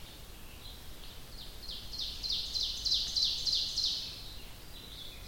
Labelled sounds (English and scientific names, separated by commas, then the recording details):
Ovenbird (Seiurus aurocapilla) song
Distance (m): 60 m
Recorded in boreal forest in Alberta, Canada, on 1 July 2016 at 05:58
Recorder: SongMeter 3, array SBT-6-79
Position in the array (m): 230 m, 38 m
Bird 39